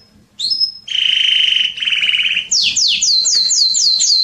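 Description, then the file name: Canary song: a brief whistled note, then a low rattling trill, a buzzier trill, and a run of rapid falling whistled slurs at about four per second. "Canary Voice"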